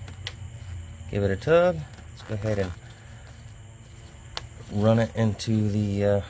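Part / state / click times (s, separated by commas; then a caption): electrical connector at the air intake or air filter housing / seated / 0.3 s. An electrical connector for the air intake sensor, near the air filter housing of a 2005 Honda Odyssey 3.5L Touring during valve cover gasket replacement, is pushed back together and snaps home with a sharp click at 0.3 s, so it is seated. Someone then talks, and another short sharp tick is heard at about 4.4 s.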